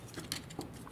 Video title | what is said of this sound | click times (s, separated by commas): Fans Hobby Flypro - Masterpiece Monsterbot Grotusque - Preview | on that channel it'll lock into place and then there's this tab here that matches the tab in the claws | 0.3 s